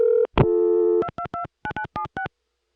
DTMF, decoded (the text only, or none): 2229976